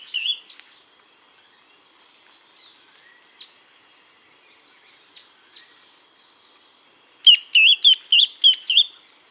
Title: LuckyPassaro Completos2Sama. Ferruginous Antbird (Drymophila ferruginea)